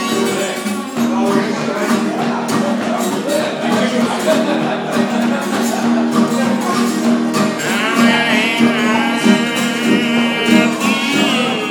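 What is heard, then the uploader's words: A band plays continuously at a steady, full level, with a sustained low-middle tone holding underneath and frequent sharp percussive hits marking a regular beat. Around eight seconds a bright, wavering higher line enters and carries on to the end, while a voice-like sound threads through the mix. Band playing during intermediates of the podcast I'm speaking at at Amen World HQ.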